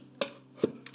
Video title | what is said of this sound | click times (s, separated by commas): BATTERIE DOMESTIQUE - Zendure Hyper2000 + AB2000s : Unboxing, Montage, et Découverte [Test] | bah ça s'enclenche bien on va mettre le dessus du Zend dur il | 0.2 s, 0.9 s